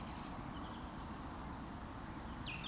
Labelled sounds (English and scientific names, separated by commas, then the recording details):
Eurasian Woodcock (Scolopax rusticola) whistle
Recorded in Baden-Württemberg, Germany, on 29 June 2020 at 19:51 UTC
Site 44395, 213 m above sea level